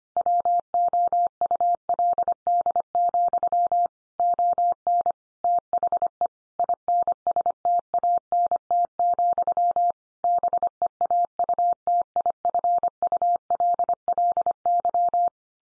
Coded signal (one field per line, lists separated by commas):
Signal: Morse code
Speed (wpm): 25 wpm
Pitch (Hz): 700 Hz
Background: none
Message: WOULD, ON THE INSTANT, BEAUTIFULLY